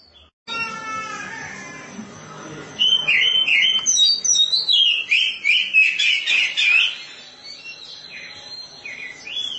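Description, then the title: Oriental magpie-robin song: a rich, varied run of whistled and chattering phrases, quickly changing pitch, with softer notes before a louder burst of rapid warbling. Long-duration magpie-robin song recording. "Suara Kicauan Burung Kacer"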